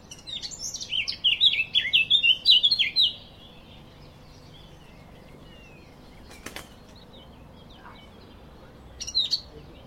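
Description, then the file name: Eurasian blackcap song, a fast, scratchy warbled phrase of high jumbled notes lasting about three seconds, then quiet with a short burst near the end. "Sylvia atricapilla"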